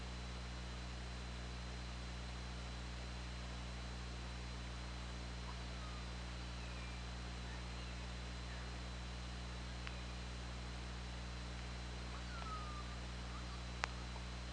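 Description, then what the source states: Killer whale calls, a few faint downward-curving tonal calls and a few sharp clicks under steady hiss and low hum. Recorded underwater on an OrcaLab hydrophone, 24 August 2017 at 20:09.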